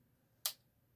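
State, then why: Seated. A lens on an M42-to-Sony-E-mount adapter, lined up red dot to white dot, is twisted on the bayonet of a Sony NEX-6 mirrorless camera's E-mount. A single short, sharp click sounds at 0.5 s against quiet background hiss. The bayonet lock clicks and the adapter is seated on the camera mount.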